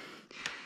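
A loose plastic part that keeps flying out is pushed back into the plastic case of a welding tool during reassembly. A faint tap at 0.3 s comes before a sharp, bright click at 0.5 s as the part snaps into place and seats.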